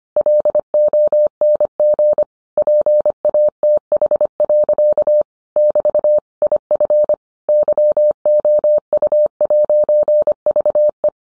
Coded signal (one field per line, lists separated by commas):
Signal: Morse code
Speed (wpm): 25 wpm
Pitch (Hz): 600 Hz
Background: none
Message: LONG PATH. <BT> IF YOU'VE